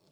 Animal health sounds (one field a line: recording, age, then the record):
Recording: pig call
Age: piglet (1 to 25 days)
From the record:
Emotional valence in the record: positive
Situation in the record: short reunion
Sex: male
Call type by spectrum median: low-frequency call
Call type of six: low-frequency stable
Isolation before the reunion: 3 minutes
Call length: 0.12 s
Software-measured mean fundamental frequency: 47 Hz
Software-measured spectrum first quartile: 343 Hz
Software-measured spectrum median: 1219 Hz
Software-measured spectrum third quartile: 5626 Hz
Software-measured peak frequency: 153 Hz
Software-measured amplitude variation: 53 dB a second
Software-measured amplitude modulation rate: 13.1 a second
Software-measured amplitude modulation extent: 4.0 dB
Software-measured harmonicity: 2.9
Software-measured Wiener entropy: -1.99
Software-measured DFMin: 1347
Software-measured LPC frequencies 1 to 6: 498, 2505, 3437, 4401, 5313, 6918 Hz